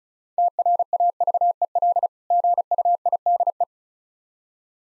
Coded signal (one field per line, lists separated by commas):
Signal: Morse code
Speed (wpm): 36 wpm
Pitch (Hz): 700 Hz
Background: none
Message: TRAVEL GUIDE